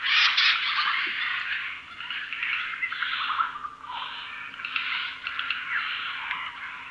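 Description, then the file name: Eurasian jay giving loud, harsh screeching calls in a near-continuous rough stream, loudest at the start, with short pauses between bursts. "Garrulus glandarius"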